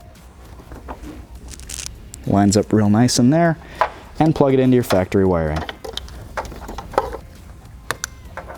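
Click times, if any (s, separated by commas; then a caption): 7.9 s, 8.0 s. An LED headlight bulb's plastic plug is pushed onto the factory wiring connector of a 2014–2019 4Runner, an Xtreme LED Pro install. Someone talks, followed by small plastic handling taps and rattles. Sharp clicks at 7.9 s and 8.0 s mark the plug latching and seating in place.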